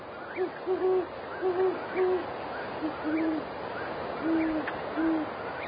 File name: great horned owl